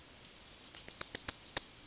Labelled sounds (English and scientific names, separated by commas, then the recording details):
Yellowhammer (Emberiza citrinella) song
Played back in forest
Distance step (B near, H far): B
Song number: 157